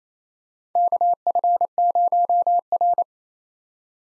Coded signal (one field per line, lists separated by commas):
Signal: Morse code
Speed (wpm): 28 wpm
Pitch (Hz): 700 Hz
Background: none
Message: KF0R